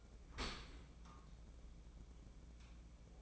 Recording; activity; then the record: daily activity, microphone in the room; open dishwasher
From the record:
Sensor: 1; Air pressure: 1012.4 hPa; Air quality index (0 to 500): 172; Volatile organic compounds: 3 ppm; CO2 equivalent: 1402 ppm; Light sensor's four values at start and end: 343/773/346/378 and 342/772/345/378